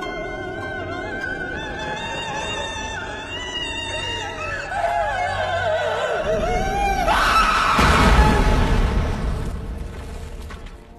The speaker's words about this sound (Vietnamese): Sau đó bà gào thét trong cái tiếng cười của bà Hai Tòng lẫn tiếng khóc ma mị. Thằng Sáu lịm đi mơ màng vẫn trong cái tiếng gào thét ấy.